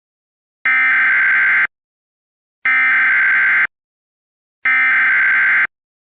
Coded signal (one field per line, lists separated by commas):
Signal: Emergency Alert System (SAME) tones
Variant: header bursts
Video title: EAS Scenario - Pixie and Brutus